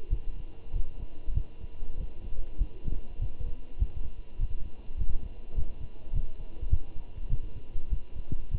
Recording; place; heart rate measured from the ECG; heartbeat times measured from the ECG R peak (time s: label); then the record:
heart sounds by stethoscope; between the tricuspid and mitral areas; 100 bpm
0.11 s: heartbeat
0.74 s: heartbeat
1.35 s: heartbeat
1.98 s: heartbeat
2.59 s: heartbeat
3.20 s: heartbeat
3.80 s: heartbeat
4.40 s: heartbeat
4.98 s: heartbeat
5.55 s: heartbeat
6.13 s: heartbeat
6.71 s: heartbeat
7.30 s: heartbeat
7.91 s: heartbeat
8.52 s: heartbeat
From the record:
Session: walking at 3.7 km/h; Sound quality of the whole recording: good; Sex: male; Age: 23 years